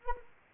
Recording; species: mosquito wingbeat signal from an infrared sensor; Anopheles arabiensis